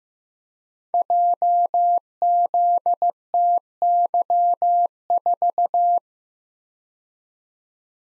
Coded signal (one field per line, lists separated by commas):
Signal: Morse code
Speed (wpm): 15 wpm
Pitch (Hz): 700 Hz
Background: none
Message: JZTY4